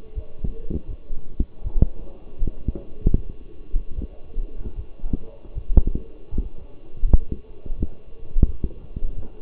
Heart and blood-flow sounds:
heart sounds by stethoscope; between the tricuspid and mitral areas; 80 bpm
0.15 s: heartbeat
0.87 s: heartbeat
1.63 s: heartbeat
2.38 s: heartbeat
3.14 s: heartbeat
3.95 s: heartbeat
4.75 s: heartbeat
5.54 s: heartbeat
6.30 s: heartbeat
7.04 s: heartbeat
7.76 s: heartbeat
8.45 s: heartbeat
9.15 s: heartbeat
From the record:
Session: walking at 3.7 km/h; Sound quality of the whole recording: partially saturated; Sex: male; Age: 24 years

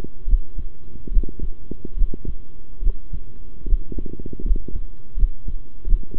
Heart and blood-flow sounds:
heart sounds by stethoscope; between the tricuspid and mitral areas; 75 bpm
0.27 s: heartbeat
1.11 s: heartbeat
1.96 s: heartbeat
2.81 s: heartbeat
3.66 s: heartbeat
4.44 s: heartbeat
5.16 s: heartbeat
5.86 s: heartbeat
From the record:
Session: rest, sitting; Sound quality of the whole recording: good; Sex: male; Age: 23 years

